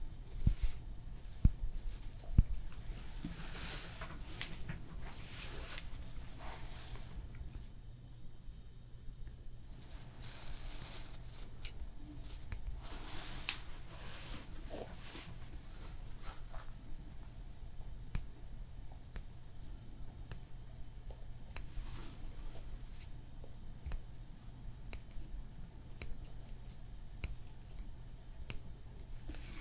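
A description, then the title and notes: Hand massage and nail care: soft rubbing and brushing strokes, brief scratchy swipes and a few sharp clicks early, over a low steady hum. ASMR Relaxing Hand Massage, Nail Care & Art No Talking (Layered Sounds).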